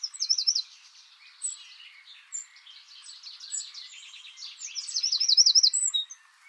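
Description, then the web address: Bird calling with quick high chirps and buzzy trilled phrases, a fast rattling series near the start and another near the end, with scattered thin notes between. "cianscape birddata Deverinetal 2025. Bird Only"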